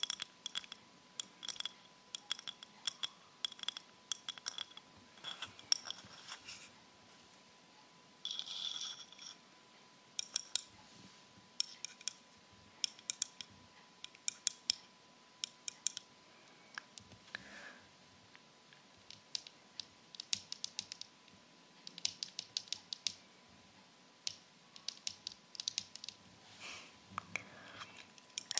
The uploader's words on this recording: ASMR Tapping With Rhinestone Fingers. TAPPING on many different surfaces.